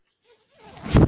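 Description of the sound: A near-silent pause, then a swelling low rushing whoosh, the sound of a person's own mechanical ventilator delivering a breath.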